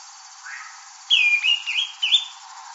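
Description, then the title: Greenish schiffornis uttering one phrase of three or four bright, slurred whistles that rise and fall, preceded by a faint softer note. "LuckyPassaro Completos2Sama. Greenish Schiffornis (Schiffornis virescens)"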